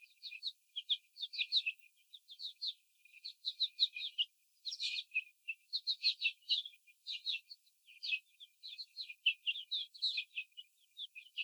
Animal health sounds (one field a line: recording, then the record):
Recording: young laying hens in a cage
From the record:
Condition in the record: before the stressor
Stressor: simulated dog barking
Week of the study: 4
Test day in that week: 2